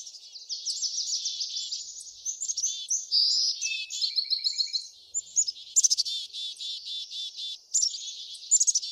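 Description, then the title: Birds singing: continuous high trills and chirps, with bursts of rapid repeated notes. Backyard. "Backyard Birds - Ambient Nature Bird Sounds"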